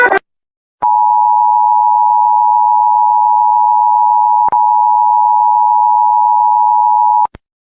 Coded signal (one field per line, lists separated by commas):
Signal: Emergency Alert System (SAME) tones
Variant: 853 and 960 Hz attention tone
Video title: EAS alarmas del mundo @jeeveejylveeandthetv